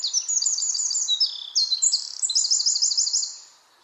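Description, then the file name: Eurasian wren singing a vigorous, high-pitched phrase of quick twittering notes and buzzy trills, delivered without pause for about three and a half seconds. "Troglodytes troglodytes"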